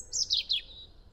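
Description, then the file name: European robin song phrase, a single thin, high warbled run that slides downward in a few quick notes, with a background otherwise quiet. "Erithacus rubecula"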